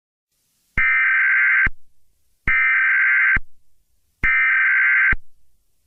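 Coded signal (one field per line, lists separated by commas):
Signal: Emergency Alert System (SAME) tones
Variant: header bursts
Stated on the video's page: Fictional entertainment EAS mock scenario using valid EAS tones; not a real alert.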